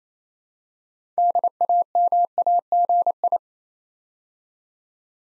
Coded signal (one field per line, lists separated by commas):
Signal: Morse code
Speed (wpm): 27 wpm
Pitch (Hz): 700 Hz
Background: none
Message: DAMAGI